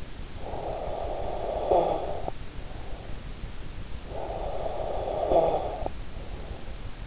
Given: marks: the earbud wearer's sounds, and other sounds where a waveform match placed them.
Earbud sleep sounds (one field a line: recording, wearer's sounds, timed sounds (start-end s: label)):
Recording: sounds in sleep by an in-ear microphone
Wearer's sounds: snoring breath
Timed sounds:
0.14-3.30 s: snoring breath
3.81-7.07 s: snoring breath